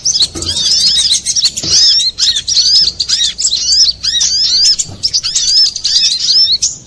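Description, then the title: Little spiderhunter song: sharp, high twittering phrases with downslurred notes, plus a few faint low taps. Master recording for training cage birds, labelled Labaik. "Masteran Burung Sogok Ontong Labaik"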